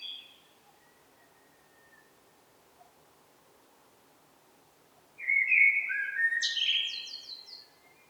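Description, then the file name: Common blackbird singing a mellow whistled phrase that breaks into a rapid squeaky twitter, after several seconds of near silence with a faint note. "Turdus merula"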